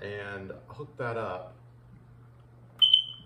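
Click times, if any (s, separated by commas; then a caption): none. Someone talks while hooking a wiring harness connector up to a smoke detector. A brief high-pitched tone sounds near the end, peaking around 2.9 s. The connector is only being handled and nothing has seated or clicked yet.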